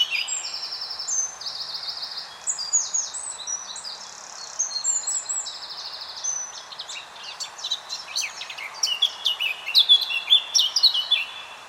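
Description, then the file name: Eurasian blackcap song: high warbled phrases of level whistled notes and chattering elements, rising into a louder, varied flutey passage toward the end. "Sylvia atricapilla"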